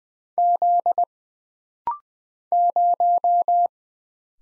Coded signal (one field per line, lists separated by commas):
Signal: Morse code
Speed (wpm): 20 wpm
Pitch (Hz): 700 Hz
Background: none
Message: Z 0